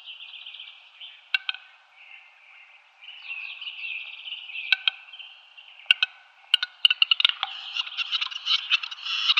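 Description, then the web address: Western capercaillie display song: a rasping, whetting phrase first, then scattered sharp clicks that build into a rapid clicking, scraping sequence. Male capercaillie giving its display. "Schulze Peter Capercaillie male display"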